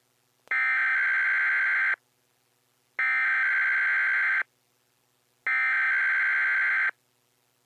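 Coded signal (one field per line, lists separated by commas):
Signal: Emergency Alert System (SAME) tones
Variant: header bursts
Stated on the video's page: Sunday morning EAS tests and relays.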